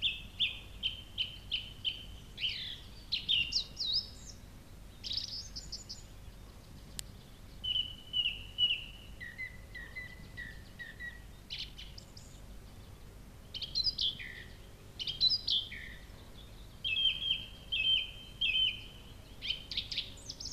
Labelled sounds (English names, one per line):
Song Thrush song